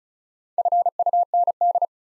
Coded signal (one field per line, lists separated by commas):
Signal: Morse code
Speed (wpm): 36 wpm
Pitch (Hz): 700 Hz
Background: none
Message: FUND